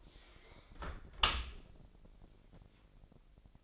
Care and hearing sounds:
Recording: daily activity, microphone in the room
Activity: close dishwasher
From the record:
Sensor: 5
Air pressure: 1000.6 hPa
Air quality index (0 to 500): 249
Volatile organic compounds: 35 ppm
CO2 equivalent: 3057 ppm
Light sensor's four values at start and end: 31/71/28/26 and 32/73/29/27

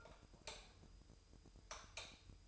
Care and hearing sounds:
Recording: daily activity, microphone in the room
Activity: light off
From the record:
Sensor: 2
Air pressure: 988.2 hPa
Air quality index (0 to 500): 189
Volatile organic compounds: 170 ppm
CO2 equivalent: 4107 ppm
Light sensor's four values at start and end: 12/34/14/14 and 12/34/14/14

